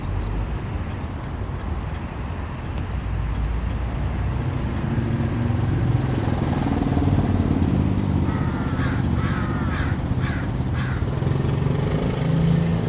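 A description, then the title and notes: Backyard ambience with a steady low rumble of passing traffic filling the whole recording, swelling slightly after the first few seconds. Between about eight and eleven seconds a bird, likely a crow, gives a run of five or six short harsh caws. Recorded in our backyard.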